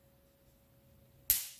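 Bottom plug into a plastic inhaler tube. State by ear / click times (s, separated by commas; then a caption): seated / 1.3 s. The bottom plug is pushed into a plastic aromatherapy inhaler tube after an oil-soaked wick has been dropped inside. After quiet low hum, one loud, sharp snap is heard at 1.3 seconds, and the plug seats.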